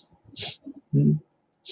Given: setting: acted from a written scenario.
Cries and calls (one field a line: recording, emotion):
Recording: vocal sound without words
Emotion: sadness